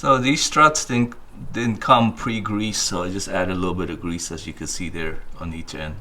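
A new Stabilus lift support strut for a Porsche 997 engine lid or frunk, not pre-greased, is handled with a little grease added to each end before it goes onto the mounting ball stud of the lid/hood hinge. Someone talks throughout. Nothing has seated or clicked yet.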